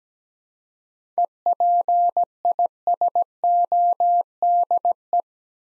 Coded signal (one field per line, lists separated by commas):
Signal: Morse code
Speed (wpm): 17 wpm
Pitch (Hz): 700 Hz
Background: none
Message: EPISODE